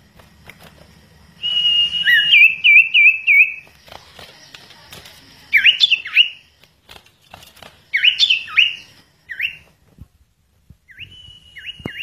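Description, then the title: Bird song: high whistled phrases, the first a steady note breaking into a wavering trill, repeated several times with short pauses. "Kicau Burung Yoi"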